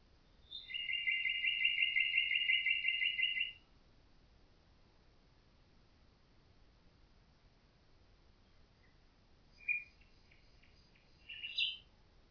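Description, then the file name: Common nightingale song: a loud, rapid, even trill of repeated notes lasting about three seconds, then a long quiet gap and two brief chirpy phrases near the end. "Nachtigall"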